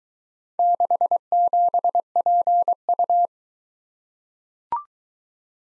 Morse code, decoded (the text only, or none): 67PU